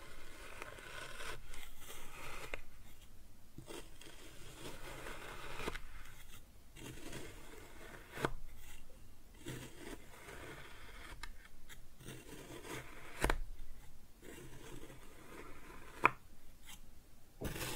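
Kinetic sand is cut and scooped in soft, grainy rubbing and scraping passes that come in irregular bursts with short quiet gaps between them. The texture is gritty and fairly bright. A few sharper knocks stand out, with a crisp click near the sixteen-second mark.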